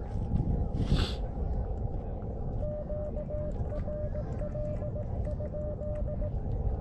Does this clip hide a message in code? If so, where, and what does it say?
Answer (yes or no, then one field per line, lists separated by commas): yes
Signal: Morse code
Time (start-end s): 2.6-6.3 s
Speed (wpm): 18 wpm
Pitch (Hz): 600 Hz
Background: none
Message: QRL?